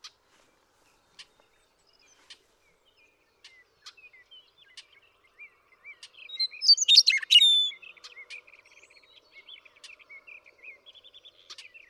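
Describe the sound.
Western meadowlark singing a single phrase of clear whistled notes tumbling into a bubbling, warbled flourish, set against a steady background of soft chirps and short tweets.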